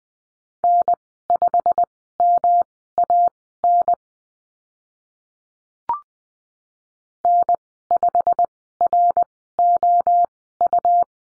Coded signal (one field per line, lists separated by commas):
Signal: Morse code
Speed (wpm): 20 wpm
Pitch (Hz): 700 Hz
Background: none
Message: N5MAN N5ROU